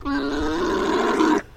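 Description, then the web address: Alpaca mating call: a single steady, buzzy, gurgling groan with rich harmonics, lasting about one and a half seconds before stopping abruptly. Male alpaca giving a mating call. "Sound Effects-Foundation 1 ANIMAL ALPACA MALE MATING CALL"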